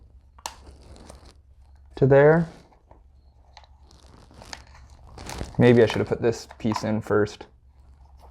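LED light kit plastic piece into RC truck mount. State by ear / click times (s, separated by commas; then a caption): not seated / none. A plastic piece from an LED light kit is handled at its mount on a Traxxas Stampede RC truck, with small sharp plastic ticks at about 0.5, 3.6 and 4.5 seconds while someone talks. Nothing has seated or clicked into place yet.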